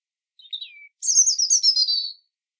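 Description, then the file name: European robin song: a brief high note sliding downward, a short pause, then a long, thin, shimmering trill that slowly falls in pitch. "Erithacus rubecula"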